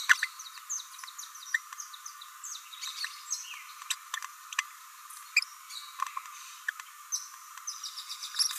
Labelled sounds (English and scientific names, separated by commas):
Green-rumped Parrotlet (Forpus passerinus) babbling